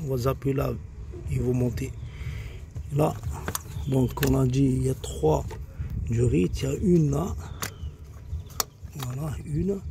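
A hose coupling is pushed onto an appliance port, the first of three hoses connected to the unit, while someone talks throughout. A sharp click sounds at 8.6 s as the coupling seats on the port.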